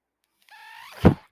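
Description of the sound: A brief mechanical whir with a steady whine, ending in a soft low thud about a second in. This is the working cycle of a person's own mechanical ventilator supporting breathing, heard in a quiet room.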